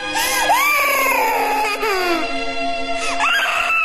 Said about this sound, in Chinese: 在小妖王悲痛的哭声中，天音和霍小兰渐行渐远。